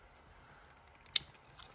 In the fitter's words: clicked in you heard that